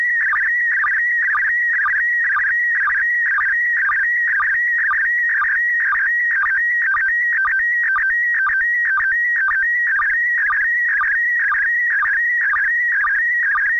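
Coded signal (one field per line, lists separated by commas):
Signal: SSTV (slow-scan television)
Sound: warbling, chirpy tone with a steady rhythmic tick about twice a second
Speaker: I've left the entire transmission in this video with no audio edited or spoken over so if you want to you can replay that transmission and decode it yourself using an application like mm SS T V yourself now this is the picture this is the first picture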